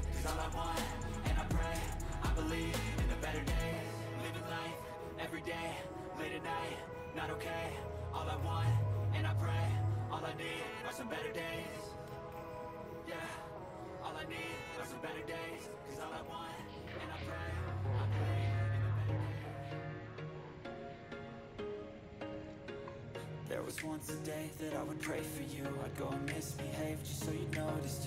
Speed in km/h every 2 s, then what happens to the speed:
100, 100, 100, 100, 100, 99, 99, 98, 99, 98, 100, 102, 101, 101.
0-28 steady at about 100.